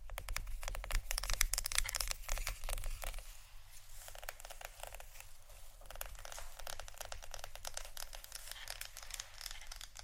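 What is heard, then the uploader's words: Wooden ASMR triggers: rapid dry clicks, taps and crackly scratches come in dense bursts, busiest and loudest in the first three seconds. After that the sounds thin out and soften into a quieter, steady run of small ticks, with a faint low hum underneath throughout. ASMR Wooden Triggers（No Talking）.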